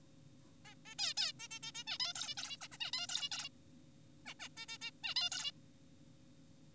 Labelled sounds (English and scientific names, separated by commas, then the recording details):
Zebra Finch (Taeniopygia guttata)
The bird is an adult
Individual g4p5U